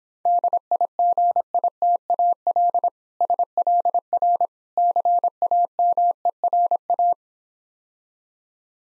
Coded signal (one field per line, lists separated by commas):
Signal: Morse code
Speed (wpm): 26 wpm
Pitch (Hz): 700 Hz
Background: none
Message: DIGITAL SLR CAMERA